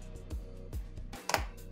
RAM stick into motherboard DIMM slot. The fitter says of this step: once these two notches are fully seated that means the RAM sticks are locked in alright